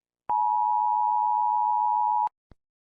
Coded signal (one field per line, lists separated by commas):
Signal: Emergency Alert System (SAME) tones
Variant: 853 and 960 Hz attention tone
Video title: EAS Scenario:SCP-001